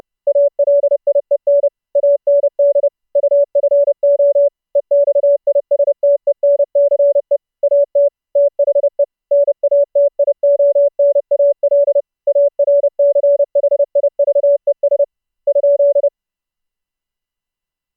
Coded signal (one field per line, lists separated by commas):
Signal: Morse code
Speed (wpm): 30 wpm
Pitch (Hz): 570 Hz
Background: none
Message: ALIEN AND UFO EXISTENCE AT THE NATIONAL ARCHIVES ?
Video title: Morse Code Audio Over Mumble: OUTPUT plugin options using CARLA PLUGIN HOST for Mumble CW over iP